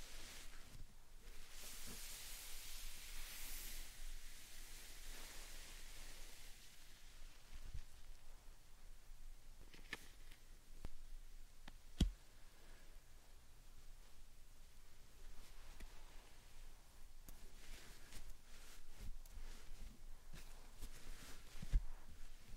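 Slime and sand being handled, heard as a soft, steady hiss of squishing and grainy rustling. A brighter, airier wash of sound rises over the first six seconds, and sharp little clicks and snaps break through now and then, notably near 12 and 22 seconds.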